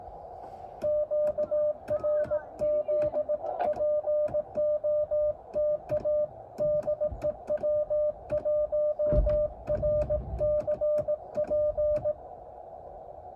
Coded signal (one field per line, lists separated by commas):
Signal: Morse code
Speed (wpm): 18 wpm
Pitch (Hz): 600 Hz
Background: music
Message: QRZ POTA DE W1RCP